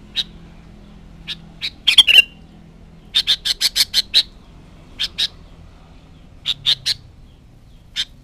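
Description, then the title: Sooty-headed bulbul uttering scattered sharp chirps and a fast series of about seven clipped notes, with a brief harsh burst near the start. "Kutilang"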